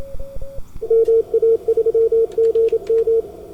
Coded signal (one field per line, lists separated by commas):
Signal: Morse code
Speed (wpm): 27 wpm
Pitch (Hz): 450 Hz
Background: radio noise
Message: MA3GM